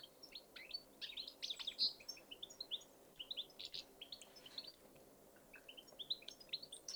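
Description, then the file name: European goldfinch chattering in a fast, continuous jumble of thin, tinkling notes over faint background hiss. "Carduelis carduelis"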